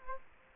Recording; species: mosquito wingbeat signal from an infrared sensor; Aedes aegypti